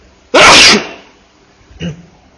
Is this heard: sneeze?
yes